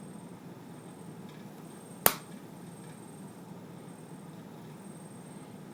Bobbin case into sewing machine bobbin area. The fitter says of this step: You need to push it in until you hear a loud click.